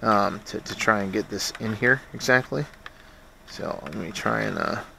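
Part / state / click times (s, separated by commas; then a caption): battery pack into laser tag blaster battery compartment / not seated / none. A battery pack is handled and angled toward the battery bay of a laser tag blaster while someone talks. Soft handling and fumbling sounds come between the speech. Nothing has seated or clicked yet; the pack has not gone past the retaining clip.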